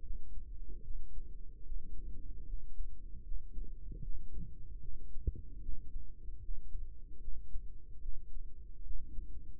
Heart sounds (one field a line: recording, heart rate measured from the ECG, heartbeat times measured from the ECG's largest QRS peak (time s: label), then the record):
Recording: heart sounds by microphone in the right ear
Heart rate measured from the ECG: 75 bpm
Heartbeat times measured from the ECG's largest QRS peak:
0.03 s: heartbeat
0.83 s: heartbeat
1.64 s: heartbeat
2.46 s: heartbeat
3.24 s: heartbeat
4.02 s: heartbeat
4.81 s: heartbeat
5.61 s: heartbeat
6.41 s: heartbeat
7.20 s: heartbeat
8.01 s: heartbeat
8.84 s: heartbeat
From the record:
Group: healthy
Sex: male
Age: 55 years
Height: 167 cm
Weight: 57.2 kg